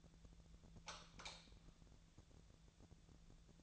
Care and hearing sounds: daily activity, microphone in the room; light off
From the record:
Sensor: 3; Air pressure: 1000.0 hPa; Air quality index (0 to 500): 123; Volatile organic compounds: 2 ppm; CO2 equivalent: 1105 ppm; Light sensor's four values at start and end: 31/81/34/36 and 28/71/30/33

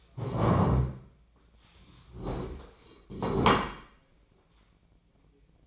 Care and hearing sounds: daily activity, microphone in the room; stand up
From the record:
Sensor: 1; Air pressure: 1012.3 hPa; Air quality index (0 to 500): 172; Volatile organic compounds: 3 ppm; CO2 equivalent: 1410 ppm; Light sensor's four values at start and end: 44/121/49/60 and 45/121/50/61

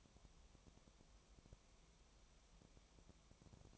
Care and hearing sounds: daily activity, microphone in the room; no activity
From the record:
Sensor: 1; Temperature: 19.4 degrees Celsius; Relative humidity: 35.7%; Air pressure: 1003.3 hPa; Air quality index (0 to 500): 113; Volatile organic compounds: 2 ppm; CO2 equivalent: 1260 ppm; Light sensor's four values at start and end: 1/2/1/1 and 1/2/1/1

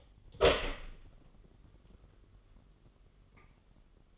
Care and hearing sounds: daily activity, microphone in the room; open door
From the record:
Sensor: 4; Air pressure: 999.2 hPa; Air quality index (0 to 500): 114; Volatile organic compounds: 2 ppm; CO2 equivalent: 1125 ppm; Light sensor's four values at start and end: 12/30/12/13 and 12/29/11/12

